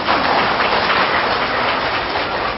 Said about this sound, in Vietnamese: Rất là giỏi, tôi cho giám vị tràng pháo tay nè.